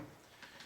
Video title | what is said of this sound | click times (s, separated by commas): sks field strip | now our gas tube is locked in place our return pin is locked in place | 0.4 s